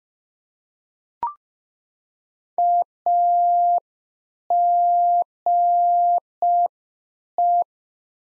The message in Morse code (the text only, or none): AGE